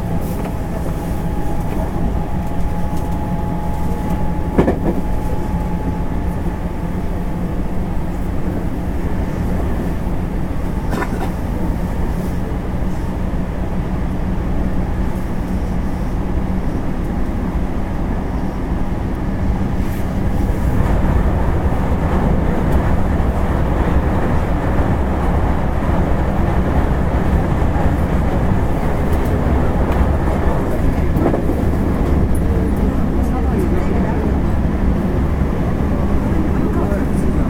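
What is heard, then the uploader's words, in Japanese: Running noise recorded aboard a commuter express train: a steady, dense low rumble with a persistent hum, growing slightly louder after about twenty seconds. Brief clanks of rail joints come at about 5, 11, 20 and 31 seconds, and a thin whine sounds early on. JR西日本の225系電車の走行音です。JR神戸線の新快速列車にて収録しました。区間は、芦屋から大阪までです。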